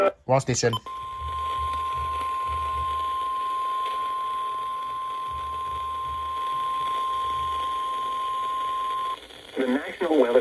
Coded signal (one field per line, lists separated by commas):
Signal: Emergency Alert System (SAME) tones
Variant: 1050 Hz attention tone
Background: speech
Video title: 6/2/22 - Severe Thunderstorm Warning on 3 stations (EAS #511-#514)